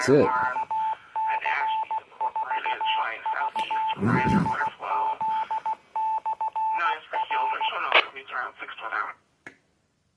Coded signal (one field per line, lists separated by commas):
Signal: Morse code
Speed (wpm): 16 wpm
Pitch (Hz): 880 Hz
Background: speech, radio noise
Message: KC4VDZ/R